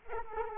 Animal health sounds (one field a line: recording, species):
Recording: mosquito wingbeat signal from an infrared sensor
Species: Culex quinquefasciatus